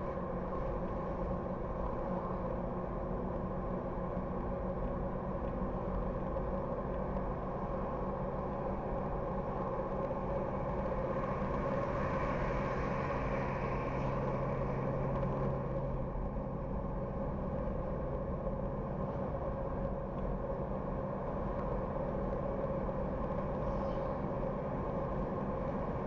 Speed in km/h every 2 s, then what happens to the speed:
74, 75, 76, 77, 80, 80, 82, 84, 85, 80, 80, 82, 82.
0-15 speeds up to 85. 15-26 steady at about 82.